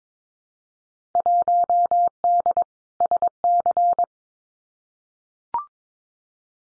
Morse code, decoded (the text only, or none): 1D SC